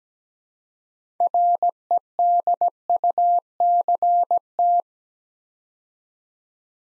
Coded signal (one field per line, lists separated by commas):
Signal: Morse code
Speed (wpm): 17 wpm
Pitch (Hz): 700 Hz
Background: none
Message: REDUCT